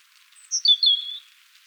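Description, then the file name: European robin: a single short phrase of high, thin, slightly descending whistled notes lasting under a second. "Erithacus rubecula"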